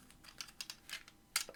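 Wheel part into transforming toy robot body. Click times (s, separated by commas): 1.4 s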